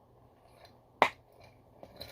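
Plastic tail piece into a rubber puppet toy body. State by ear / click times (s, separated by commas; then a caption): seated / 1.0 s. A small plastic tail piece is pushed into the body of a rubber Boglin puppet toy and snaps into place with one sharp, loud click at 1.0 s, seating the tail. Two much fainter ticks follow near 1.8 s and 2.0 s.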